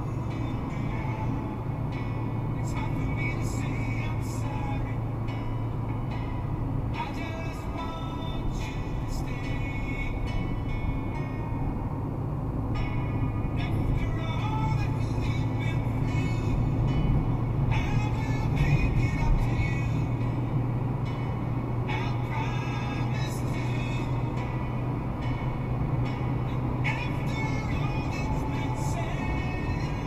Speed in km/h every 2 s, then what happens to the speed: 119, 119, 119, 113, 114, 115, 117, 120, 123, 125, 128, 129, 131, 129, 125.
0-7 slows to 113. 7-24 speeds up to 131. 24-30 slows to 125.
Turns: none.